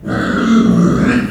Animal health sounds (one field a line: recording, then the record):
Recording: squeal of a Yucatan mini pig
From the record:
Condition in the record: after surgery on the right vocal fold (resection and tissue-engineered implant)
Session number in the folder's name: 6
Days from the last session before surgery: 40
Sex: female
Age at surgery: 19 weeks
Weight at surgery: 25 kg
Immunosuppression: prednisolone